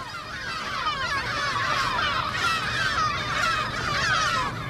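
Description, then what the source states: Gulls calling in a dense, overlapping chorus of wavering, yelping cries that rise and fall continuously, with a steady low rumble underneath. Colony on a vacant industrial site on the Maasvlakte; gulls being fitted with GPS transmitters; birds defend nest and young, calling and defecating as a defence mechanism.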